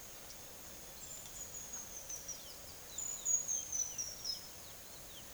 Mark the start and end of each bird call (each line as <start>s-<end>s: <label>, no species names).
0.96s-5.34s: bird call